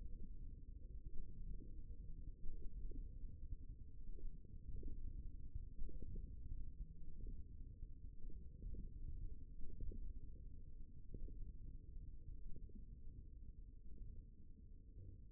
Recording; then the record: forearm muscle sounds (acoustic myography)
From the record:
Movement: hand closing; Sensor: system 1, eight BSWA MPA416 microphones around the upper forearm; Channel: 1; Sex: male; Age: 54 years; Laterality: right